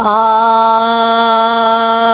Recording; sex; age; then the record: sustained vowel /a/ by telephone; female; 50 to 59 years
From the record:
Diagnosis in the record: Parkinson's disease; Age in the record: 58 years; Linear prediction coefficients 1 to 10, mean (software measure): 1.27, -0.29, -0.96, 0.44, 0.60, -0.80, 0.19, -0.08, 0.20, -0.12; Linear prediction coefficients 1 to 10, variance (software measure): 0.032, 0.080, 0.059, 0.059, 0.079, 0.072, 0.030, 0.046, 0.060, 0.021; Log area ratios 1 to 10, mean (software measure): -1.74, 1.70, 0.57, -0.44, 0.17, 1.36, -0.69, -0.05, -0.08, 0.24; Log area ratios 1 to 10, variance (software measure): 0.017, 0.628, 0.207, 0.033, 0.349, 0.201, 0.054, 0.031, 0.034, 0.091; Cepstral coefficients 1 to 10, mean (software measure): 1.27, 0.54, -0.63, -0.54, 0.05, -0.14, 0.18, -0.22, 0.03, 0.01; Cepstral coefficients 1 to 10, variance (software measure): 0.032, 0.017, 0.013, 0.009, 0.031, 0.010, 0.004, 0.003, 0.008, 0.006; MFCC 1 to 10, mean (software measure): -2.66, 1.29, -0.92, -1.33, 0.90, -0.70, 0.36, 0.38, -0.07, -0.89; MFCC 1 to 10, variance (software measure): 0.260, 0.056, 0.116, 0.051, 0.030, 0.049, 0.029, 0.059, 0.035, 0.029